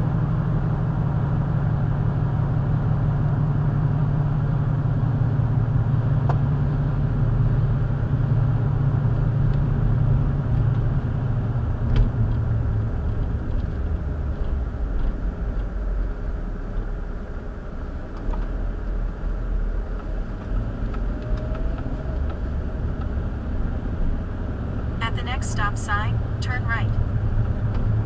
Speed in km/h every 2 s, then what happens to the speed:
53, 50, 48, 48, 47, 44, 34, 21, 13, 13, 18, 26, 32, 35.
0-16 slows to 13. 19-28 speeds up to 35.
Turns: none.